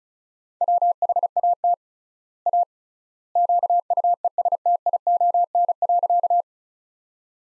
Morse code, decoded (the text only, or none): WHAT A QUESTION.